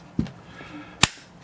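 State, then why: Seated. The right-side piece of a Boost 12 gram adapter accessory is fitted onto the CO2 body of a Byrna SD less-lethal launcher and pressed home to make sure it is in place. Two soft knocks at 0.2 and 0.3 s come first, then one sharp, loud snap at 1.0 s. The piece snaps into place and is seated.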